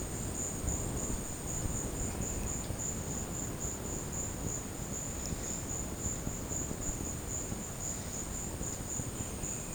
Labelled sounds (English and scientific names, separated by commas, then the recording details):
none
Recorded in secondary vegetation near Puerto Asís, Putumayo, Colombia, on 19 March 2025 at 11:30
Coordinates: 0.481, -76.318
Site G097